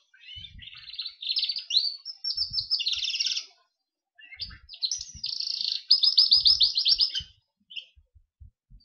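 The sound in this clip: Gloster canary singing a rapid warbling song of trilled rolls and chirps, in two bursts with a short pause between, ending in a few soft chips.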